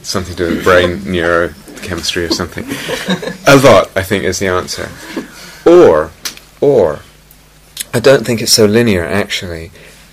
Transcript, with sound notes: Something to do with the brain neurochemistry or something. [laughter] "A lot," I think is the answer. I don't think it's so linear actually.